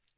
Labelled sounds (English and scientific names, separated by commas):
Magnolia Warbler (Setophaga magnolia) flight call